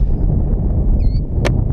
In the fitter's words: There we go. Beautiful. That baby snaps right in.